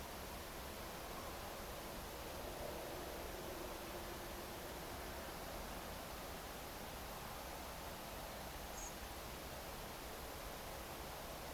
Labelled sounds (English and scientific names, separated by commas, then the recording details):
Common Blackbird (Turdus merula)
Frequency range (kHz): Common Blackbird (Turdus merula) 6.1-8.4 kHz
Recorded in France